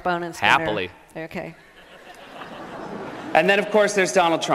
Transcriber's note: soundbite of 2011 white house correspondents' dinner